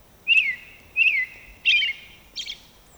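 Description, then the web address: American robin song: four clear whistled caroling phrases about two-thirds of a second apart, the last two higher and more squeaky, over a quiet background. "soundandlightecologyteam"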